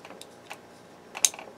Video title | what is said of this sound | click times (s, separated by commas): CRKT Raikiri | you roll it until it clicks | 1.2 s